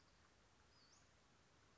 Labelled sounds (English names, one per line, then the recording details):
Western Flycatcher
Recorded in Sonoma County, California